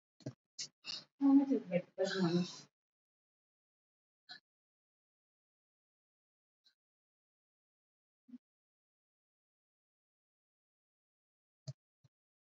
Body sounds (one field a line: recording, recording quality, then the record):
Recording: deep breathing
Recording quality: poor, much background noise or distortion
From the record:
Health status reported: recovered from COVID-19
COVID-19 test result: negative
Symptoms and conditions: cough, fever, muscle pain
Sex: female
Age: 36 years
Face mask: worn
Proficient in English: yes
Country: India